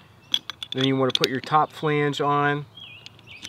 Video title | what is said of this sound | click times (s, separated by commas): Milwaukee 12V Cut Off Tool...What Can It Cut? | so you want this to snap into place overtop of the spindle | 0.3 s